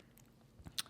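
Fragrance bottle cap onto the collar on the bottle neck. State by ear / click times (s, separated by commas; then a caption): seated / 0.8 s. A fragrance bottle cap is pushed onto the collar on the bottle neck, whose band holds the cap in place. After a faint low thump around 0.6–0.7 s, the cap snaps into place with a sharp, bright click at 0.8 s, and it is seated.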